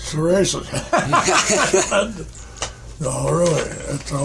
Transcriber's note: laughter